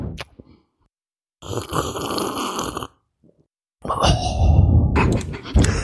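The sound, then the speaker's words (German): Two long, loud breaths, each a rough, noisy gust of air lasting over a second, pushed out in an exaggerated way with a short pause between them. “Bisschen lauter atmen noch dabei, bitte.”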